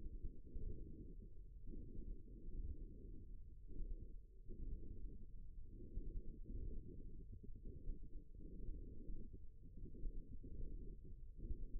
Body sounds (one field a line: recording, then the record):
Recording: forearm muscle sounds (acoustic myography)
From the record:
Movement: forearm pronation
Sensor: system 1, eight BSWA MPA416 microphones around the upper forearm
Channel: 2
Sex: male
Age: 54 years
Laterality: right